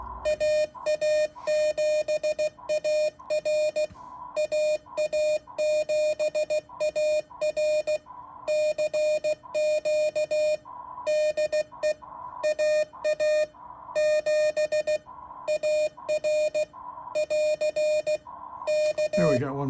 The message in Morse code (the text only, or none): AA7AR AA7AR CQ DE AA7AR <AR> K